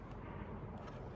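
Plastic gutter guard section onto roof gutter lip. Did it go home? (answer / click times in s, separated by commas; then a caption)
no / none. A section of plastic gutter guard is handled at a roof gutter lip, being pulled toward the gutter edge before clipping on. Only a steady low outdoor rumble with faint handling noise is heard. Nothing has seated or clicked yet.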